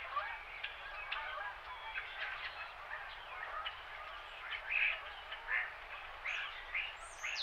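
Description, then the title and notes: Goose: a flock of geese keeps up continuous honking, calls swelling louder in places, with occasional sharper bird notes near the end. Winter morning, recorded January 11, 2023, with other birds calling. "Winter Morning Birds and Geese. Recorded January 11, 2023"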